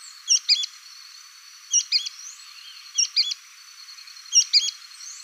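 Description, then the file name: Sooty-fronted spinetail song: a sharp two-note phrase, high and quick, repeated about every one and a half seconds, four times, with faint background hiss. "canto do petrim"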